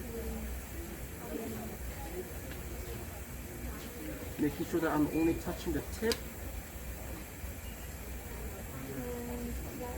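A new plastic tracheostomy inner cannula is held by its tip and lined up before being inserted into the trach tube. Someone talks over a steady hiss, with a brief burst of faint rustling and handling noise around 4.5–6.2 seconds. Nothing has clicked or seated yet.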